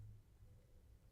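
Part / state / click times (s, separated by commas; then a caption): plastic LEGO leg into a LEGO torso / not seated / none. A plastic LEGO rear leg is handled near a LEGO torso it will snap onto, but it has not been pushed home. Only a quiet, steady low hum is heard, with no sharp transients. Nothing has seated or clicked yet.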